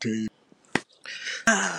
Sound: smack